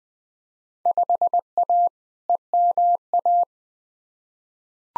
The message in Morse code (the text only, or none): 5A EMA